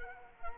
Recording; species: mosquito wingbeat signal from an infrared sensor; Culex quinquefasciatus